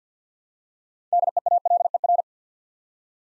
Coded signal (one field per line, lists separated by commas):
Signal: Morse code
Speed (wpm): 53 wpm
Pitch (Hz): 700 Hz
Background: none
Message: DEALER